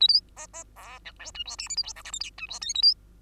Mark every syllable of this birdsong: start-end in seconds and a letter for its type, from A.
0.00-0.08 A, 0.08-0.21 B, 0.36-0.47 C, 0.53-0.64 C, 0.76-0.99 D, 1.05-1.12 E, 1.19-1.31 F, 1.34-1.44 G, 1.45-1.57 H, 1.58-1.69 I, 1.69-1.76 J, 1.76-1.83 K, 1.83-1.93 L, 1.96-2.03 M, 2.04-2.11 N, 2.12-2.19 O, 2.20-2.30 P, 2.38-2.47 G, 2.48-2.59 H, 2.61-2.74 Q, 2.74-2.82 A, 2.82-2.94 B